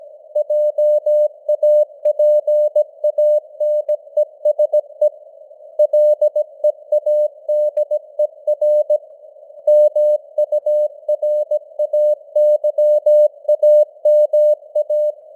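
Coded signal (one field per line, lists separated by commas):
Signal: Morse code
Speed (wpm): 17 wpm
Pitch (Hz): 600 Hz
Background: none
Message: JAPANESE LEADER MURAYAMA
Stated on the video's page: Morse code news headlines at 17 wpm with simulated radio noise and varying signal strength (QSB).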